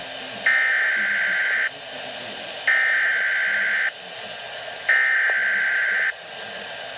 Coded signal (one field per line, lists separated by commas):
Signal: Emergency Alert System (SAME) tones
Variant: header bursts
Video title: Weatheradio Canada - Severe Thunderstorm Warning (EAS #117-118) 30/06/2014